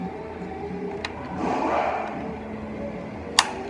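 The second door lock cable on a 2015 Lexus RX350 door lock actuator is fitted into its clip on the actuator, with a faint tick at 1.1 s and a brief rustle of handling around 1.5–2.0 s. A sharp, loud snap at 3.4 s confirms the cable is seated in the clip.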